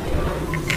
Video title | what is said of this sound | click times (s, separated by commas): lắp ráp xe múc, xe lu | phần này sẽ ăn khớp vào đây nhá. Đó, em thấy ăn khớp vào chỗ này này. | 0.5 s, 0.7 s